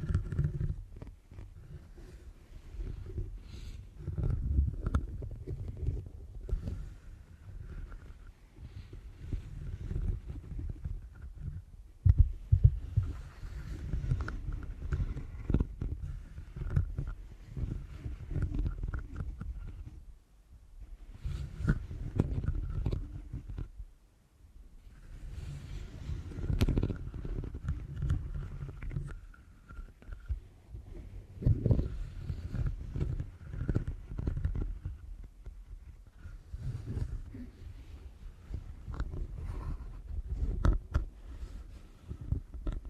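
Deep ear canal massage with dense, low rubbing and muffled pressing that swells and fades in long waves. Brief near-silent pauses fall around 20 and 24 seconds. A faint thin tone hovers steadily in the background throughout.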